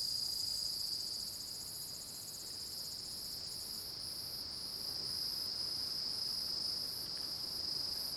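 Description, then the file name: Cicadas in chorus: continuous piercing high-pitched drone with a rhythmic upper throb, steady throughout. Loud, strident chorus. "Coro de cigarras estridente, depois começa a ventar nas arvores"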